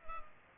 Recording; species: mosquito wingbeat signal from an infrared sensor; Culex pipiens